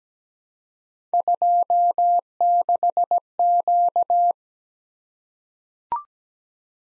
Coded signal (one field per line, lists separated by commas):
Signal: Morse code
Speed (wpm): 17 wpm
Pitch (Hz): 700 Hz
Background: none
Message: 26Q